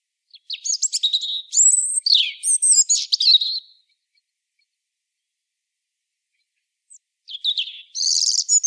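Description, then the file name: European robin song, a high tumbling phrase of thin whistles, trills and rapid tinkling notes lasting about three seconds, silence, then another phrase begins. "Erithacus rubecula"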